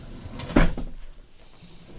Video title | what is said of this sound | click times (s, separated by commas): 2018 precept video 2 | You're going to notice that first time you get that hit right there, it doesn't want to lock. | none